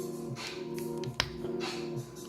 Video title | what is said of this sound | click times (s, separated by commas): Black Panther Civil War Marvel Legends unboxing | panther helmet on all you do pop it off like that | 1.2 s